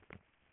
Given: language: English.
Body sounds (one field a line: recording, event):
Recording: throat vibration sensor signal played as sound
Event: swallow